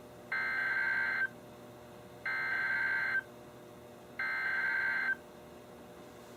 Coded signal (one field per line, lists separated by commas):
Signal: Emergency Alert System (SAME) tones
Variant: header bursts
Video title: EAS #1000-#1003: Flooding in the Night | KHB36